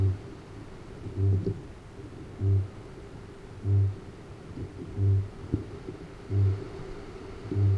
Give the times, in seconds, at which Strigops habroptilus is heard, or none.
0.00-7.78